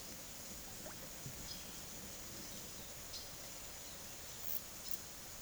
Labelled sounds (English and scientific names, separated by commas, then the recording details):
Silver-beaked Tanager (Ramphocelus carbo)
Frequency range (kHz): Silver-beaked Tanager (Ramphocelus carbo) 1.5-7.1 kHz
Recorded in secondary vegetation near Puerto Asís, Putumayo, Colombia, on 19 June 2025 at 12:00
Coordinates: 0.489, -76.322
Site G021